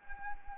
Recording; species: mosquito wingbeat signal from an infrared sensor; Anopheles arabiensis